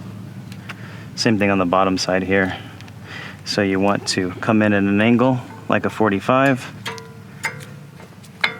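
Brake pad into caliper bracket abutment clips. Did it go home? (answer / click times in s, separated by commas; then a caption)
yes / 8.4 s. Someone talks while a new front brake pad for a 2011–2017 Honda Odyssey is angled in at about 45 degrees and pressed into the spring abutment clips of the caliper bracket. A few light taps and clicks follow as the talking stops. A sharp, loud snap at 8.4 s marks the pad seating into the clips.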